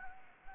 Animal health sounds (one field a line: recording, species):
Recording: mosquito wingbeat signal from an infrared sensor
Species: Anopheles gambiae